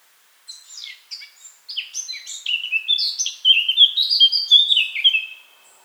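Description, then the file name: Eurasian blackcap song: a few scratchy introductory notes, then a strong, clear fluting warble of whistled phrases. "Sylvia atricapilla"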